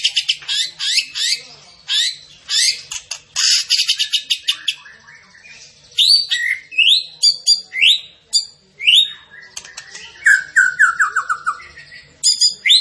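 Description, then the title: Tembakan bird pouring out quick high chips, buzzy trills and a run of descending whistled slurs, almost without pause. Masteran training recording of a bird singing gacor (in full, persistent song). "Masteran Burung Tembakan Gacor"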